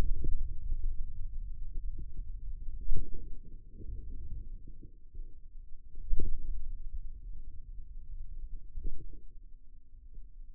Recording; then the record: forearm muscle sounds (acoustic myography)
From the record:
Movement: wrist extension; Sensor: system 2, bracelet of six BSWA MPA416 microphones around the upper forearm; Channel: 2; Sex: male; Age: 22 years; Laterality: right